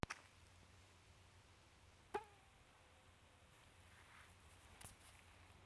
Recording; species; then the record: mosquito flight sound by mobile phone; Aedes sierrensis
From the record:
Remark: free flight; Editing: field recording with all noises